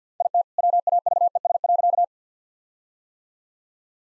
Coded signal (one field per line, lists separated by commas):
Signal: Morse code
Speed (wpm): 50 wpm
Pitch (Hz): 700 Hz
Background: none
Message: IT WAVES.